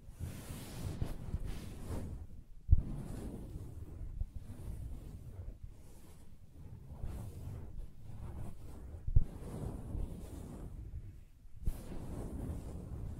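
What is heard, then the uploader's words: Soft, muffled scratching and rubbing on a fabric surface, dense and low, with a few sharp taps near three and nine seconds. ASMR Soft Fabric Surface Tapping & Scratching (No Talking).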